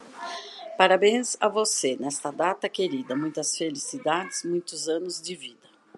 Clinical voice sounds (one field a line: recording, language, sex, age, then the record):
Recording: short text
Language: Brazilian Portuguese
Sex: female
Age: 60 to 69 years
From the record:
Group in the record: control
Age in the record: 62 years